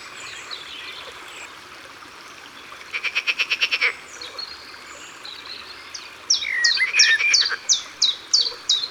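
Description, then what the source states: Common chiffchaff song: a run of sharp notes, each sliding down, repeated about three times a second in the second half. Other birds trill and twitter earlier. Recorded by the water.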